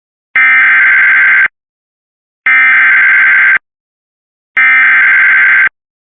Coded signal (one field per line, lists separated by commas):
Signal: Emergency Alert System (SAME) tones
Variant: header bursts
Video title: Severe Thunderstorm Warning EAS #2 (Cox) 8/17/2024